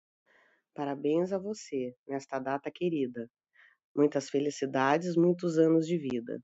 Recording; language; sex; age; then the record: short text; Brazilian Portuguese; female; 50 to 59 years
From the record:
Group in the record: control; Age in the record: 50 years